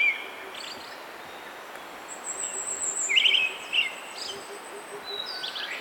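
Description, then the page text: Brown-headed thrush calls: a short cluster of rough, warbled notes midway, with thin high whistles and a faint low repeated pulsing in the background. "Desmond Allen - Золотистый дрозд (Turdus chrysolaus)"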